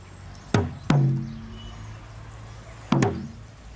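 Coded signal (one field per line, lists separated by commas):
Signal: talking drum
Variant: Asante atumpan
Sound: two pairs of deep drum strokes, each with a short falling pitch ring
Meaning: Calls the presenter Gus by name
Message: Gus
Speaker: Do Gus again. No. Do Gus again, please. Do Gus.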